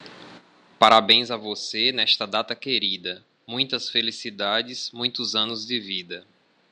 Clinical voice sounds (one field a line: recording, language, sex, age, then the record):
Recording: short text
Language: Brazilian Portuguese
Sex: male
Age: 40 to 49 years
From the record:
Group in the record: control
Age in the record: 40 years